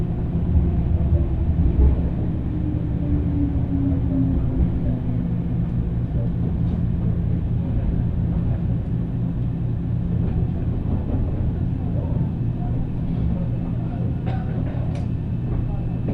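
A train ride on a railway journey: a steady, dense low rumble runs the whole time with little change in loudness. In the first few seconds a whining tone slides gradually downward, and a few faint clicks and rattles come near the end.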